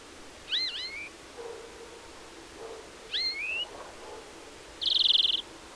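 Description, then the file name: European greenfinch calls: two upslurred whistled notes rising sharply at the end, followed by a single harsh buzzing wheeze. "Chloris chloris"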